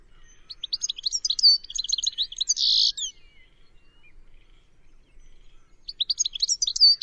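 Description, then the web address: Bird giving high, rapid chattering notes that end in a harsh buzzy burst, then a pause and another chattering phrase starting; the background is quiet. "Deverinetal. Bird Only"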